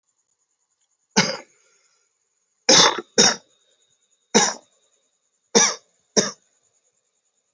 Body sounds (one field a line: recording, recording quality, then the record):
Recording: heavy voluntary cough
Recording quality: excellent, no background noise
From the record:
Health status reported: healthy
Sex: male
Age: 21 years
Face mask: not worn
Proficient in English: yes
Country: India